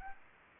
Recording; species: mosquito wingbeat signal from an infrared sensor; Aedes aegypti